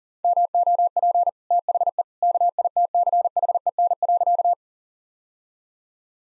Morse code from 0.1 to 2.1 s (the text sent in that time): MOP THE